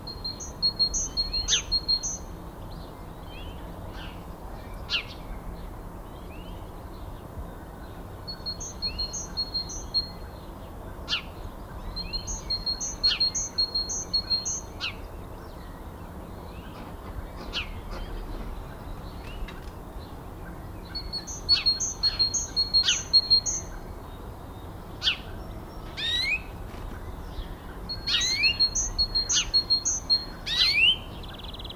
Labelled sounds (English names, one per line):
Great Tit song